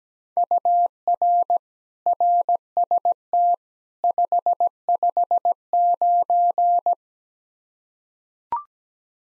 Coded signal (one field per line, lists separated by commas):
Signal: Morse code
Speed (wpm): 17 wpm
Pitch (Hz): 700 Hz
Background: none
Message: UR RST 559